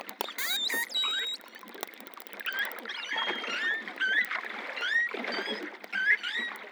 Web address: PMahe Voile'Ocean Audio prez Globi antilles globicephala Melas Apex Cetacea Gouf